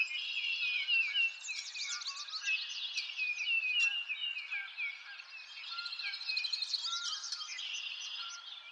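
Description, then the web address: Birds in a busy chorus of bright high chirps and rapid trills, several singers overlapping continuously with short whistled notes. Birds in a forest. "lynne-publishing Nature Ambience Birds In a Forest"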